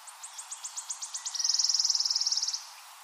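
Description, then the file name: Wood warbler song: a series of sharp high ticks speeding up, then running into a bright, shivering trill lasting about a second before stopping abruptly. Recorded 23 April 2013. "23 04 2013 Waldlaubsaenger"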